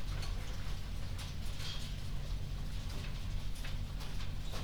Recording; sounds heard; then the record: poultry house recording; no chicken sound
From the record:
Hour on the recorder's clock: 21